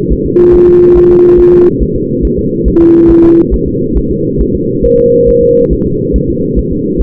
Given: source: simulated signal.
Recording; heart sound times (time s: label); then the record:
fetal heart sounds
0.13 s: S1
0.26 s: S2
0.55 s: S1
0.69 s: S2
0.97 s: S1
1.11 s: S2
1.40 s: S1
1.54 s: S2
1.83 s: S1
1.96 s: S2
2.25 s: S1
2.39 s: S2
2.68 s: S1
2.81 s: S2
3.11 s: S1
3.24 s: S2
3.54 s: S1
3.68 s: S2
3.97 s: S1
4.11 s: S2
4.41 s: S1
4.55 s: S2
4.85 s: S1
4.99 s: S2
5.29 s: S1
5.43 s: S2
5.73 s: S1
5.86 s: S2
6.16 s: S1
6.30 s: S2
6.59 s: S1
6.72 s: S2
7.02 s: S1
From the record:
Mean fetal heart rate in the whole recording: 140 bpm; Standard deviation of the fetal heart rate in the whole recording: 2 bpm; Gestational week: 34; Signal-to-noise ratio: -11.2 dB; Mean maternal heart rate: 72 bpm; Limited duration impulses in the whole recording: present